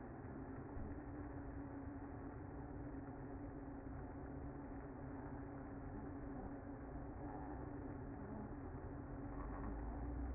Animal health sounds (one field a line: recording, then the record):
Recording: honeybee colony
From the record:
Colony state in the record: active